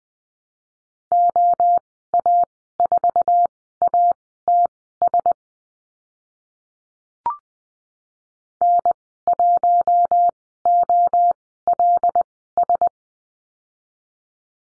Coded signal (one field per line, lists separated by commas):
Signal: Morse code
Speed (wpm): 20 wpm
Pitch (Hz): 700 Hz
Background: none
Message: OA4ATS N1OLS